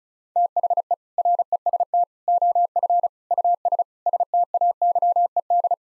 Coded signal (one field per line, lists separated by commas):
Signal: Morse code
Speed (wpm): 36 wpm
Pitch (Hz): 700 Hz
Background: none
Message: THE REST OF US STAYED